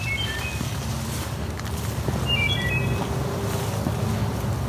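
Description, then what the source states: Wood Thrush song: two short clear whistled phrases separated by a pause, over steady low rumbling noise. Singing in a quieter spot among dogwoods and hawthorns in Dundas Valley, Hamilton, Ontario; very short melodic phrases rendered as 'pirole'.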